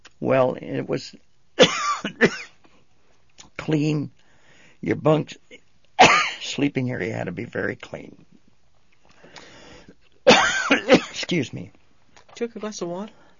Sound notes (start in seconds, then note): 6.0 coughs; 10.2 coughs